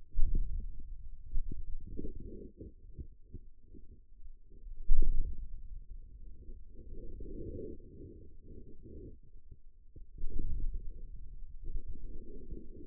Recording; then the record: forearm muscle sounds (acoustic myography)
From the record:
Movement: wrist flexion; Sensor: system 2, bracelet of six BSWA MPA416 microphones around the upper forearm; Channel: 4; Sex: male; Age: 22 years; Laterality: right